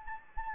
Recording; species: mosquito wingbeat signal from an infrared sensor; Anopheles gambiae